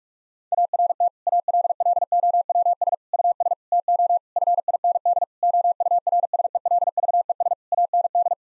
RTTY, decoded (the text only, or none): none